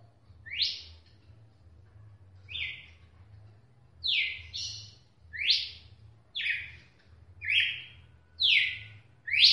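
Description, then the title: Red-cowled cardinal giving clear whistled notes, spaced more widely at first and then about once a second, several sliding down in pitch, over a low constant hum. "Galo De Campina"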